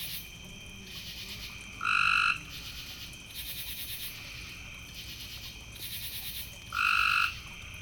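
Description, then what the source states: Frog producing two clear, level calls about five seconds apart, each roughly half a second long, with soft rhythmic high buzzing between them. Several frogs, recorded in the evening.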